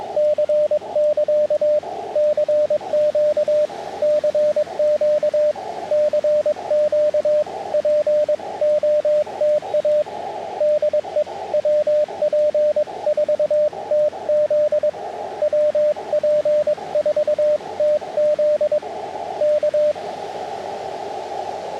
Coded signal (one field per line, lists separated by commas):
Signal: Morse code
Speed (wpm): 21 wpm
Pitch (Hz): 600 Hz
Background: radio noise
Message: C<KA> CQ CQ CQ POTA DE WP4TZ WP4TZ K